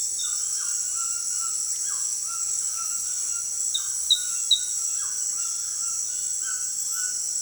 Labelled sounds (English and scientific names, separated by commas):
White-throated Toucan (Ramphastos tucanus)